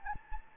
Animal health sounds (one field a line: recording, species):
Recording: mosquito wingbeat signal from an infrared sensor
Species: Anopheles gambiae